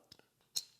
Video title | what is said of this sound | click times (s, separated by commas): SRM - Qrick EDC Knife - Super Smooth Flipper - Under $50 | And when you use this, squeeze here, pop it out, | 0.6 s